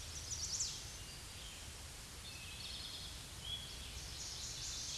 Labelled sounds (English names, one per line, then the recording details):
Eastern Towhee song
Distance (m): 70 m
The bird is about 5 m above the microphone
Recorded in a Pennsylvania forest on 16 May 2024 at 07:39
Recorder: AudioMoth, point MSD-2376
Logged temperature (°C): 16.7 °C
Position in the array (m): 80 m, 14 m